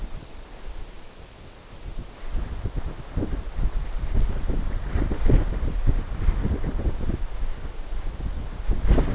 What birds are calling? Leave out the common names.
none